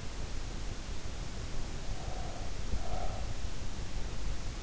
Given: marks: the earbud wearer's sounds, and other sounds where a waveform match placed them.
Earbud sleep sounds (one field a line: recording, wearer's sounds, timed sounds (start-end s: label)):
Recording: sounds in sleep by an in-ear microphone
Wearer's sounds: breath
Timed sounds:
1.38-4.59 s: breath